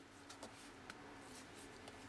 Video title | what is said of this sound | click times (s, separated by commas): Video Review of the TFC Toys; Phantom (part one of Uranos) | click just like so that was a little bit quieter than the other one | 0.9 s